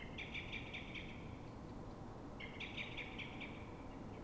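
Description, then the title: Common blackbird giving two drawn-out volleys of rapid, hard chinking alarm notes, each lasting over a second, with a constant low background hum. Single blackbird at dawn, Fuenlabrada, Madrid, Spain; recorded twenty minutes after its ordinary calls; frightened or threatened, probably by a second blackbird heard distantly near the start; Zoom H1n recorder. "Pl. de Francisco Escolar, 10, 28944 Fuenlabrada, Madrid, España - Mirlo asustado"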